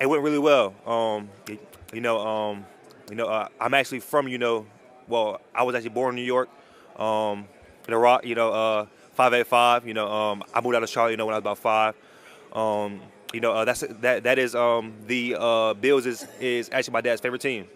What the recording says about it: It was just the NFL Combine this past weekend, and there was a young man. He's speaking up after receiving hate for his speech impediment. I have had this stutter since I can remember.